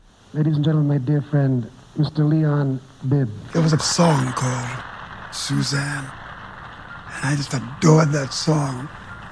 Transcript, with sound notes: Ladies and gentlemen, my dear friend, Mr. Leon Bibb.
(APPLAUSE)
It was a song called "Suzanne." And I just adored that song.